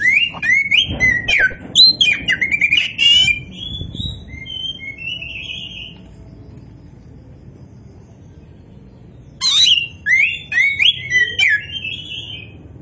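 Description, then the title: Oriental magpie-robin singing a rapid, varied phrase of whistles and harsh notes, falling silent for several seconds, then resuming with another energetic burst. Poci form of the bird, described as gacor, singing continuously and vigorously. "Kacer Poci"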